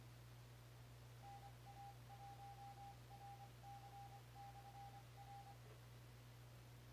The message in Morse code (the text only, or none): NA1RC/R